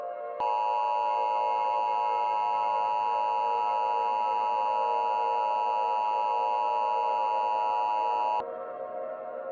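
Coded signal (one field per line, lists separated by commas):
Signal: Emergency Alert System (SAME) tones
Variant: 853 and 960 Hz attention tone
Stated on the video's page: Fictional scenario using valid EAS tones.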